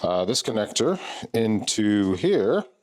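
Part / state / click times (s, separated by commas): wiring harness connector into motorcycle electrical socket / not seated / none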